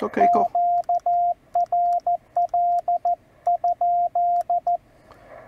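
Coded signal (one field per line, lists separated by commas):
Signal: Morse code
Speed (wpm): 14 wpm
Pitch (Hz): 700 Hz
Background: speech, radio noise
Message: QRL?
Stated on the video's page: Parks on the Air CW activation producing DX contacts, sent with the host's key on the host's radio and antenna.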